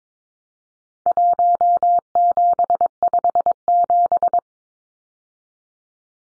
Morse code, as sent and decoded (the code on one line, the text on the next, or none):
.---- --... ..... --...
1757